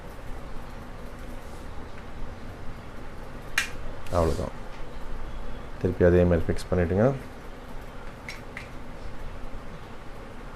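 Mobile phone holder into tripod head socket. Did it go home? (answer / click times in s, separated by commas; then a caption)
yes / 8.3 s, 8.6 s. A mobile phone clamped in its plastic holder is pushed back into the locking socket of a tripod head, and it catches with short clicks at 8.3 s and 8.6 s, locking firmly with no shaking. Someone talks around 4 to 7 s, and a sharp sound is heard at 3.6 s before that. A steady low background hum continues throughout.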